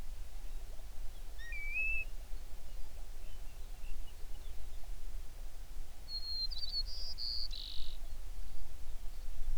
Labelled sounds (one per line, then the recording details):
songbird
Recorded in the Prudhoe Bay oil fields, Alaska, on 11 June 2019 at 05:10
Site 21